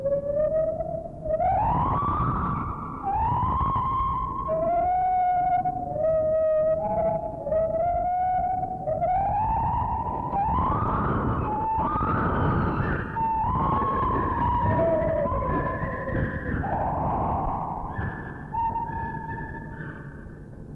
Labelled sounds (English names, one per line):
Lar Gibbon